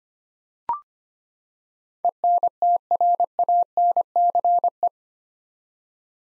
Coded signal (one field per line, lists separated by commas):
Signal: Morse code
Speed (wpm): 25 wpm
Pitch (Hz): 700 Hz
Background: none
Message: ENTRANCE